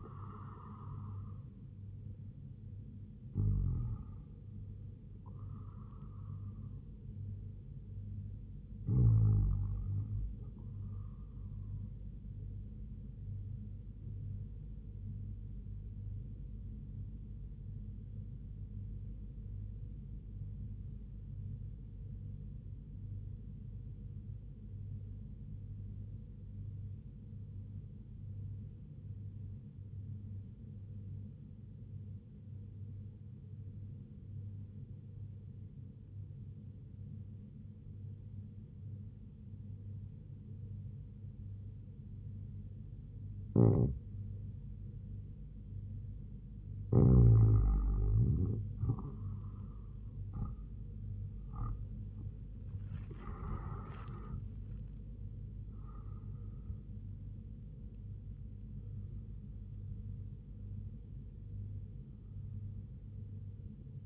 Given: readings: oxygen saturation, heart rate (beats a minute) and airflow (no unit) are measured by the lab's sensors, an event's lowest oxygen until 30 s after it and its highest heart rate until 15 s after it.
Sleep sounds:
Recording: breathing in sleep by a smartphone at the bedside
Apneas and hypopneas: 1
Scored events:
12.00-46.50 s: hypopnea (REM, oxygen 99% highest, then 93% lowest, heart rate 76 at the start, 91 highest)
From the record:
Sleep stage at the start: REM sleep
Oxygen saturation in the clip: 93 to 99%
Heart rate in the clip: 72 to 91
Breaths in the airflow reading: 9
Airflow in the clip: -8.3 to 7.4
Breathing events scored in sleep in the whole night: 158 in 7.3 hours asleep

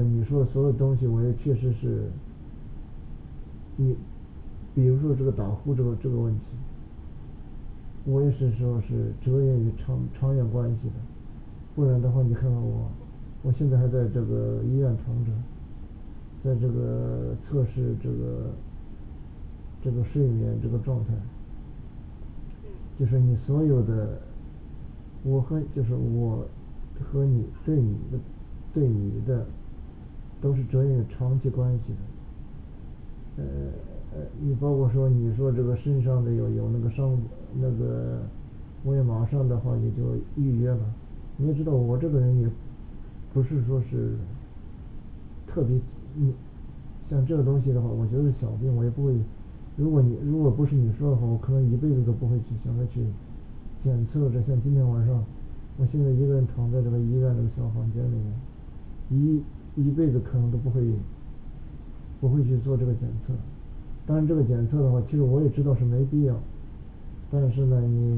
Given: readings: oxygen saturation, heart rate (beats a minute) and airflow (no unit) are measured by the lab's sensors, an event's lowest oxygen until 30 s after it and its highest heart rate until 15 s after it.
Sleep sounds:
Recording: a person awake in a sleep study, by a smartphone at the bedside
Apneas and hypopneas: none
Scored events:
0.00-68.18 s: awake
From the record:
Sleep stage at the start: awake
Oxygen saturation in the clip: 95 to 97%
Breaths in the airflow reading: 18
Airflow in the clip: -3.0 to 4.4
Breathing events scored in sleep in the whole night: 216 in 7.0 hours asleep

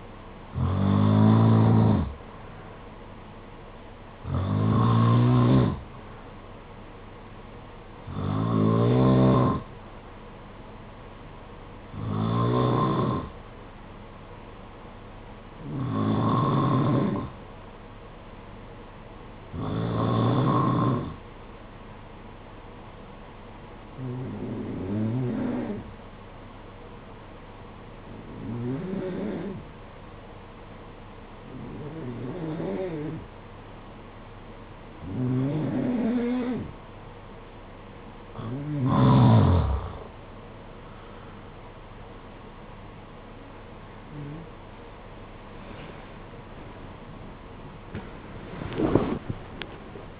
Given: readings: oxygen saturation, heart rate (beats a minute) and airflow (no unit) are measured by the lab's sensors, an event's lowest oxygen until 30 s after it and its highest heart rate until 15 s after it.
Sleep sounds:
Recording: breathing in sleep by a voice recorder at the bedside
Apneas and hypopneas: 1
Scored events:
16.00-40.80 s: hypopnea (N1, oxygen 94% highest, then 87% lowest, heart rate 55 at the start, 80 highest)
23.00-50.20 s: new sleep stage, N2 (light sleep)
From the record:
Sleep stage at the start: N1 (lightest sleep)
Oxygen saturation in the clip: 89 to 94%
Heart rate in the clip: 55 to 72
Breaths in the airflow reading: 13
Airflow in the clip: -16.0 to 18.6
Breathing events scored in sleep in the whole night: 476 in 9.7 hours asleep

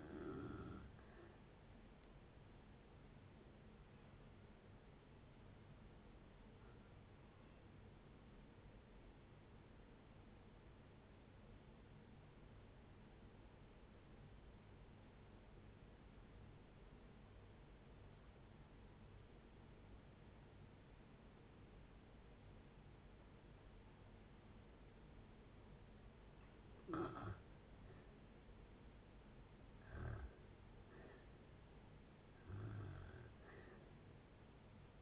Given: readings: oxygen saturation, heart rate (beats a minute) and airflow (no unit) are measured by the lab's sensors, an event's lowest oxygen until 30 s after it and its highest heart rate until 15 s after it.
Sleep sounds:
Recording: breathing in sleep by a voice recorder at the bedside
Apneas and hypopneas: 1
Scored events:
3.00-26.30 s: hypopnea (N1, oxygen 95% highest, then 79% lowest, heart rate 68 at the start, 71 highest)
From the record:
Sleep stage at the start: N1 (lightest sleep)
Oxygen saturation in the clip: 85 to 95%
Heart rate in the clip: 56 to 71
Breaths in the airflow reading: 7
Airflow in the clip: -5.9 to 7.2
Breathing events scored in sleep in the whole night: 496 in 5.4 hours asleep

